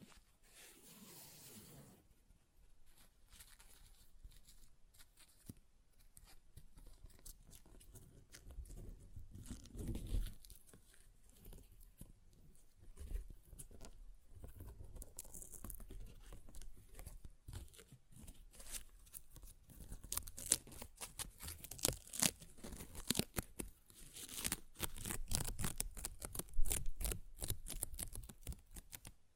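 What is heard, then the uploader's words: Paper is ripped and torn in uneven bursts of crackly, scratchy rustling that start sparse and grow busier and louder toward the end. ASMR Paper Ripping Tearing Sounds (No Talking).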